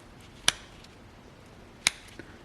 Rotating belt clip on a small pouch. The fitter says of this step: and you could hear it snap when you rotate it